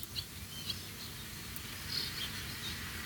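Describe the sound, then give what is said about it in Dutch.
A house sparrow gives a few short, bright chirps outdoors, picked up by an outdoor microphone, spaced irregularly over several seconds, above a steady low rumbling background noise. “Even luisteren naar de buitenmicrofoon. Oh, dat is een mus.”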